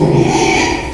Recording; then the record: squeal of a Yucatan mini pig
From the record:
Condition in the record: after surgery on the right vocal fold (resection and tissue-engineered implant); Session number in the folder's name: 2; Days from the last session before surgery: 13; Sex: male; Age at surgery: 12 weeks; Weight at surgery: 13 kg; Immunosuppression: cyclosporine, prednisolone